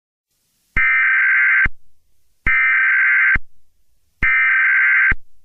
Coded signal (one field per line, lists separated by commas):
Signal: Emergency Alert System (SAME) tones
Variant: header bursts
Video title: EAS reenactment mock: Hendersonville/Gallatin, TN tornado emergency (12/09/23) (REAL)